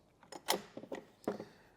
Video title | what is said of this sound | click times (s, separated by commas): etrailer - A Closer Look at the Inno Aero Flush Roof Rack on a 2024 Toyota 4Runner | you just slide it over. It locks into place. | 0.5 s